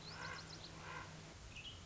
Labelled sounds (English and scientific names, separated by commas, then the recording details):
Common Raven (Corvus corax)
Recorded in Sonoma County, California